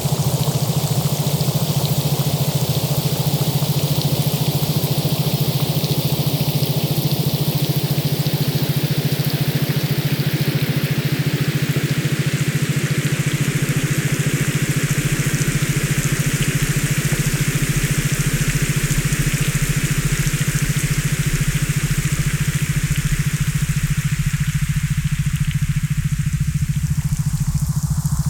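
Steady rain hisses evenly across the whole clip, dense, with a constant low hum running underneath. Around the middle the texture shifts slightly, the lower patter thinning out while a brighter, airy wash continues high up until the end.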